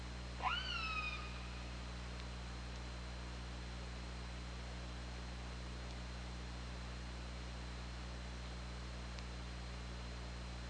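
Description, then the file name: Orca giving one strong call that sweeps up steeply, then holds a steady harmonic tone for about a second, followed by steady low hum and a faint high whine. Recorded on 24 August 2017 at about 21:32. "Orca Lab"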